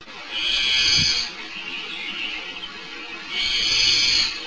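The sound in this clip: Warbling vireo giving harsh, nasal, buzzy scolding calls in two drawn-out bursts, with a softer rasping stretch between them.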